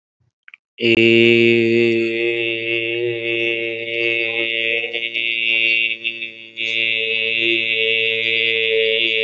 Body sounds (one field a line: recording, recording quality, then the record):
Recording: sustained vowel as in made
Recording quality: excellent, no background noise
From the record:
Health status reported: healthy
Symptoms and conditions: diabetes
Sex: male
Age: 40 years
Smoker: not ticked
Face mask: not worn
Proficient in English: yes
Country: India